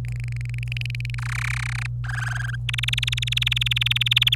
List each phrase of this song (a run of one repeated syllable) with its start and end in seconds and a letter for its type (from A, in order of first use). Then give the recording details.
0.05-1.15 A, 1.18-1.86 B, 2.04-2.55 C, 2.69-4.35 D. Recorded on 26 April 2018 at 09:36. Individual llb3